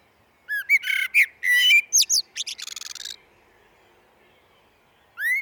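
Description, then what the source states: Common blackbird singing a mellow whistled phrase that breaks into a fast scratchy twitter, followed by a pause and the start of another rising whistle. Recorded in a glen.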